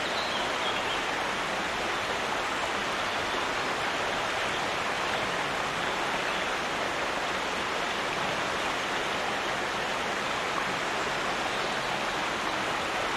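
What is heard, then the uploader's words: A small stream runs steadily, its rushing water forming a dense, even wash of sound with no pauses or distinct splashes. The tone sits mostly in the middle and upper range, bright and hissy, with little low rumble, and holds constant throughout. Water is the basic building block of life, the Black Forest has countless springs and streams. Today I am taking you along one such small stream.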